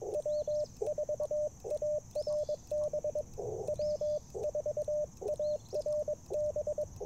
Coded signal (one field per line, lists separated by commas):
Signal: Morse code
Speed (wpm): 22 wpm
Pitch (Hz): 600 Hz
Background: radio noise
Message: W4ARB W4ARB